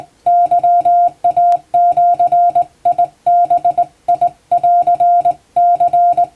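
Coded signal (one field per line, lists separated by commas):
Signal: Morse code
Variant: Japanese Wabun code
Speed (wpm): 20 wpm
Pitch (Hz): 700 Hz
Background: music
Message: ケイジバンニ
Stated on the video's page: Hand-keyed Japanese Wabun Morse sent by a first-class radiotelegraph operator for receiving practice, using typing-test practice text; playback speed adjustable.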